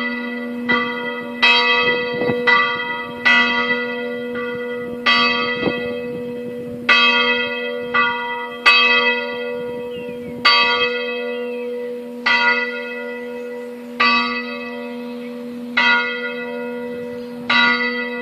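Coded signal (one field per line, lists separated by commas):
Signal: bell signal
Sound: a church bell striking about a dozen times, quicker at first, then slower, steadier tolls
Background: low steady hum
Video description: Alle 12:01 e 30 secondi, parte il segnale orario e poi la distesa della campana maggiore.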